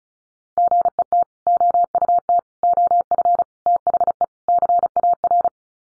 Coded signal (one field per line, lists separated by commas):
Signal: Morse code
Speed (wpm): 34 wpm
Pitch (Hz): 700 Hz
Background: none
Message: GET OUT OF THE CAR